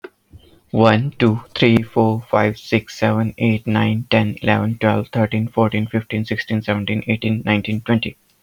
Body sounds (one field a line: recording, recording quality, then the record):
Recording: counting at a fast pace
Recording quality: moderate, slight background noise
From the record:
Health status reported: healthy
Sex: male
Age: 29 years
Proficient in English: yes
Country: India